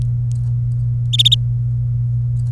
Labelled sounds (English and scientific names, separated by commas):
Domestic Canary (Serinus canaria) song